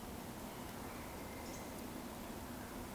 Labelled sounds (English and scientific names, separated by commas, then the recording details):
Eurasian Woodcock (Scolopax rusticola) whistle
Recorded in Baden-Württemberg, Germany, on 15 June 2020 at 19:29 UTC
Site 14569, 102 m above sea level